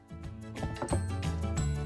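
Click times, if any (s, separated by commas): none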